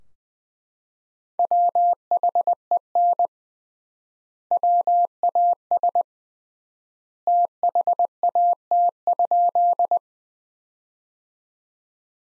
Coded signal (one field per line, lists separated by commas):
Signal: Morse code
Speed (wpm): 21 wpm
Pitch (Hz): 700 Hz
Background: none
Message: WHEN WAS THAT?